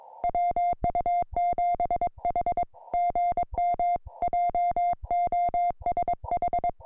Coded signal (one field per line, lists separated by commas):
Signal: Morse code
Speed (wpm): 22 wpm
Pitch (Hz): 2100 Hz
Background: music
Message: WU7H GM JOSH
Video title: Introducing the CFT1 Compact Portable QRP CW Field Transceiver #hamradio